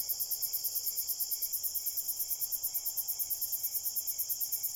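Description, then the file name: Crickets calling in a continuous high-pitched chorus, pulses repeated about four times a second, with a steady whining band underneath. Crickets at night in a cornfield. "Crickets, Night, Cornfield, Shaker"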